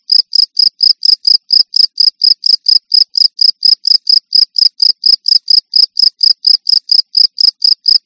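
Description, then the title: Cricket singing in quick, regular high chirps, steady from start to finish. "jangkrik"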